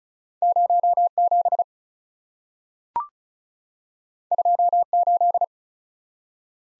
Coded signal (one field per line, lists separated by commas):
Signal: Morse code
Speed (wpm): 36 wpm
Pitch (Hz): 700 Hz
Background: none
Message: 0 7 2 8